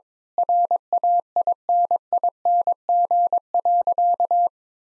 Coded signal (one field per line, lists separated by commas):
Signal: Morse code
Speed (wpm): 22 wpm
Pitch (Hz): 700 Hz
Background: none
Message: RAINING.